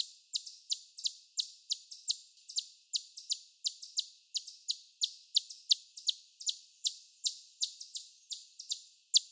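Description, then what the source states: Chipmunk chip calls: sharp, high chips repeated steadily about three times a second for the whole stretch, some louder than others, with no other clear sounds. A chorus of several chipmunks giving chip calls.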